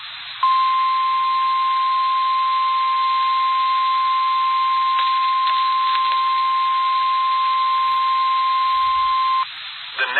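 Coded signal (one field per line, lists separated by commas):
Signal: Emergency Alert System (SAME) tones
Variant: 1050 Hz attention tone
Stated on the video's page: Severe thunderstorm warning on weather radio station KEC78.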